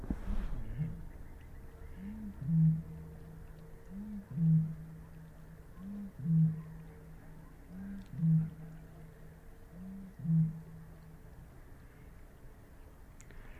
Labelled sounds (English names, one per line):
Great Bittern